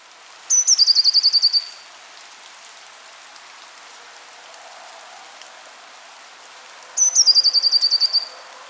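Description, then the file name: Eurasian blue tit calling twice, several seconds apart: each call is a couple of high, thin introductory notes running into a rapid, regular trill. "Cyanistes caeruleus"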